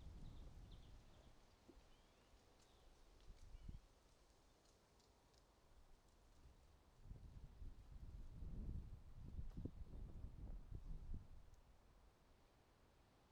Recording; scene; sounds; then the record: everyday scene through a hearing-aid microphone; wind on the microphone; wind, traffic, birds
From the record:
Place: suburban garden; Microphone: in the ear canal, right